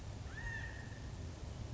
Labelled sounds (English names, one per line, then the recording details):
California Quail
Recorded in Sonoma County, California